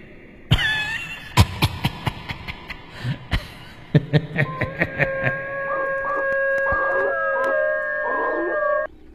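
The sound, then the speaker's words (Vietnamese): Several village dogs howl together in long, steady, wavering high tones that hold for a few seconds, after a run of sharp knocks and clattering bangs. “Chó trong làng lại bắt đầu rú lên đồng loạt.”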